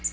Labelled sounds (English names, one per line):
Black-throated Green Warbler flight call